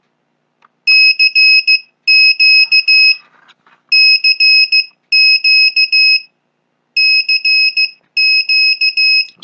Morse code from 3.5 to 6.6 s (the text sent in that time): CQ